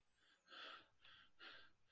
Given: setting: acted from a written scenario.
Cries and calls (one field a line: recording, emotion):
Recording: vocal sound without words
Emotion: fear